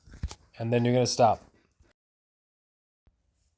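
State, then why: Torque reached. A torque wrench set to 30 ft-lbs tightens a front brake caliper bolt on a Honda Civic, giving a sharp, short click at 0.3 s as it reaches the setting. Someone then talks, and the clip fades to near silence with a faint tick at the end.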